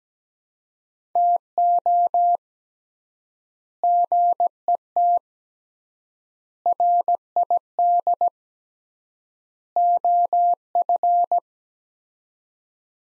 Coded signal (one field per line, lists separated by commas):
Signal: Morse code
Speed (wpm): 17 wpm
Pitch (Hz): 700 Hz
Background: none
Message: TO GET RID OF